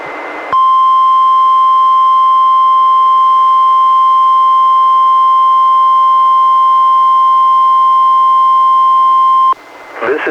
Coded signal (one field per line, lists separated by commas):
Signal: Emergency Alert System (SAME) tones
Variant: 1050 Hz attention tone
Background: speech